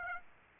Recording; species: mosquito wingbeat signal from an infrared sensor; Aedes aegypti